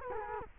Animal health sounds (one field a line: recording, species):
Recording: mosquito wingbeat signal from an infrared sensor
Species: Culex quinquefasciatus